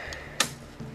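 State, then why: Seated. A curved model railroad bridge section is pulled around and pushed into the adjoining bridge section. It snaps into place with one sharp, bright click at 0.4 s, followed by a few faint handling ticks, and the section is seated.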